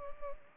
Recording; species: mosquito wingbeat signal from an infrared sensor; Culex pipiens